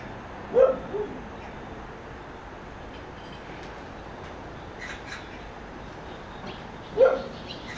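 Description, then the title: Dog barking: two short barks several seconds apart, with faint background noise between them. Rural residential side of Sinwon-dong, Seocho-gu, Seoul, South Korea; dog barking. "대한민국 서울특별시 서초구 신원동 - Rural side, Dog barking"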